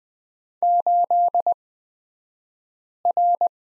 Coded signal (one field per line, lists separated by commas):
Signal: Morse code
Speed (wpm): 20 wpm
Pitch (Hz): 700 Hz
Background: none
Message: 8R